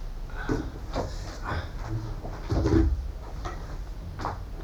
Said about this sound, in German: Jetzt machen wir die Läden zu. Es wird aber nicht ganz lautlos gehen.